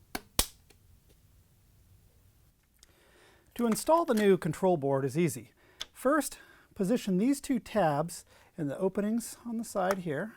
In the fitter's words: into place until it clips in